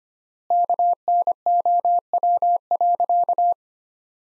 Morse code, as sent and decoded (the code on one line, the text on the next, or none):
-.- -. --- .-- .-.-.-
KNOW.